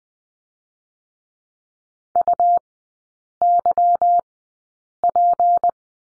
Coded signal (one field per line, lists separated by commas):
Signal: Morse code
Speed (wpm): 20 wpm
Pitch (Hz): 700 Hz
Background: none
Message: UYP